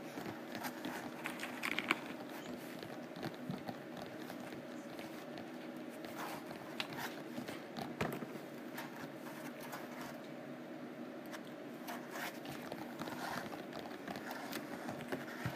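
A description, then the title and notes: Rough canvas is scratched and tapped in a busy, continuous stream of small dry strokes and clicks for the whole sixteen seconds. Sharper taps stand out near two and eight seconds, over a low steady hum with a faint tonal band. ASMR Rough Canvass: Scratching and Tapping.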